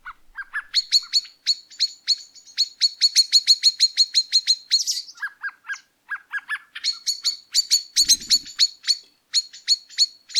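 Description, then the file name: Common blackbird calls: rapid sharp chinking notes in long runs, broken by a few lower chucks, with brief pauses between bursts. "Turdus merula"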